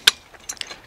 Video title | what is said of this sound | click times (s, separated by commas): Winter Garden Protection: A Pop-Up Greenhouse! | and it snaps in place right there and there's this nice a little handy catch | 0.1 s